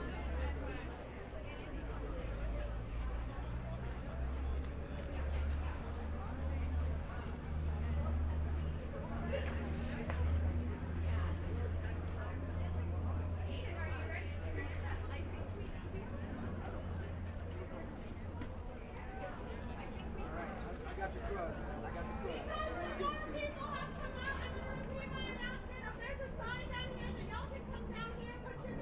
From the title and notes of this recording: This recording is from Garfield High School in Seattle, WA, US. The collective scratchy sound of humans trying to be quiet in the midst of city noise becomes more intense when listening back. Recording Method: DPA 4060 pair as binaural -> Sound Devices MixPre-3. National School Walkout: Garfield High School, Seattle, WA.